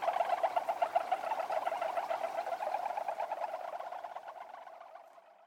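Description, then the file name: Brown frog calls: a continuous series of rapid clucking pulses that gradually fades toward the end. "akagaeru"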